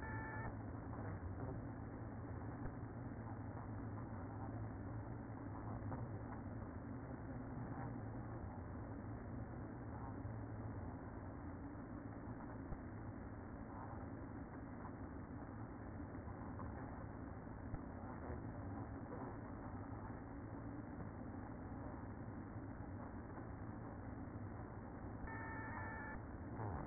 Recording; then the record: honeybee colony, microphone inside the hive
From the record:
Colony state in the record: queen present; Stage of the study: after two queens were removed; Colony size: about 60,000 bees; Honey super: yes